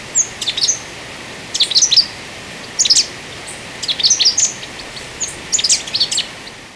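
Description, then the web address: Giant conebill chatter, high squeaky twittering phrases repeated in several short groups, with a constant hiss underneath. Recorded in Ecuador. "Natures Songs S America Birds of Ecuador. Giant Conebill"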